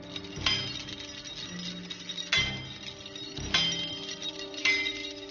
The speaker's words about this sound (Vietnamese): Những mũi dao trên tấm lưới loảng xoảng liên hồi, mạng sống của lão mù sắp nguy trong khoảnh khắc.